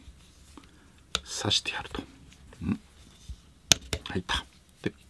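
Someone talks while handling the metal base pin of a Marushin Colt S.A.A. Cavalry Black HW X-cartridge gas revolver, released at the end of 2022, as it is pushed toward the frame, with a few sharp metallic ticks and handling noises. The base pin has not seated or clicked into the frame yet.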